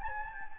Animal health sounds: mosquito wingbeat signal from an infrared sensor; Anopheles gambiae

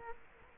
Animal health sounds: mosquito wingbeat signal from an infrared sensor; Culex quinquefasciatus

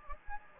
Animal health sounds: mosquito wingbeat signal from an infrared sensor; Anopheles gambiae

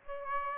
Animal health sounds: mosquito wingbeat signal from an infrared sensor; Aedes aegypti

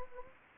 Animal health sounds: mosquito wingbeat signal from an infrared sensor; Anopheles gambiae

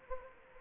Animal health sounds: mosquito wingbeat signal from an infrared sensor; Anopheles arabiensis

